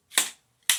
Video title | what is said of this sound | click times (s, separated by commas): Jack's Brigade | Pull it out till it snaps in place. | 0.7 s